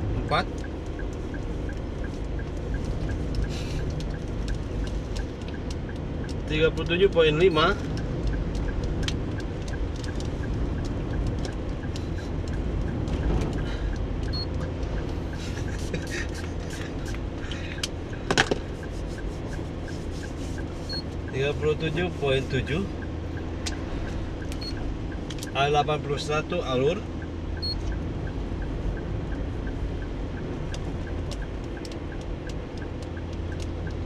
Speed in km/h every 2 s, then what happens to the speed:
53, 54, 54, 55, 55, 55, 55, 55, 55, 55, 55, 55, 55, 55, 55, 54, 54.
0-34 steady at about 55.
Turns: none.